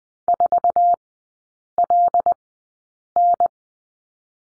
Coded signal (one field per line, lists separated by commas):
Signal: Morse code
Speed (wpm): 20 wpm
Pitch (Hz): 700 Hz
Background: none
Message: 4LN